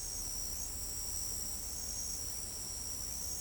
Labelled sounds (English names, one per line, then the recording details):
none
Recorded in pastures near Pivijay, Magdalena, Colombia, on 1 June 2023 at 02:30
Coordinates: 10.456, -74.369
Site P6-G026